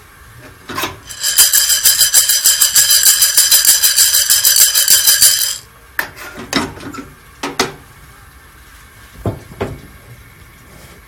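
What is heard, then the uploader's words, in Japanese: Coffee beans being roasted, a "Mocha blend": from about one to five and a half seconds the beans rattle and hiss in a fast, steady, bright shaking rhythm. After that the shaking stops, leaving a few scattered knocks and clunks over a faint steady whine. 今朝は”モカブレンド”を焙煎。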